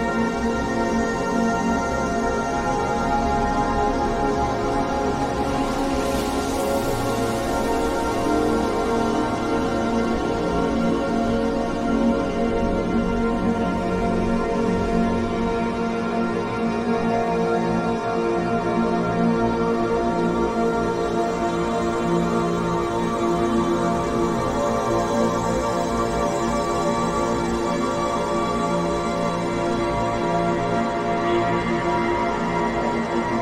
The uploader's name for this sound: Binaural Beats